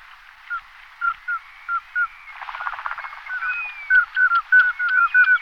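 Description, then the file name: Common scoter calls: short piping whistles repeated in a loose series, with a brief burst of rougher chattering notes midway. "turpan-černý"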